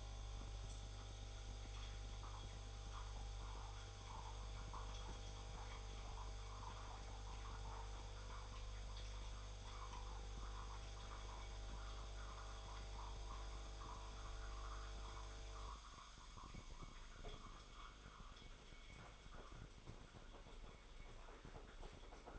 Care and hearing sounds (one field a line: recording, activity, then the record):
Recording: daily activity, microphone in the room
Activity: make coffee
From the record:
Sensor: 5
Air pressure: 995.2 hPa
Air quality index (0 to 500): 99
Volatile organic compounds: 6 ppm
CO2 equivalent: 1882 ppm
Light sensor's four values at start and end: 25/62/24/24 and 33/80/33/35